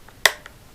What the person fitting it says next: you hear the actual click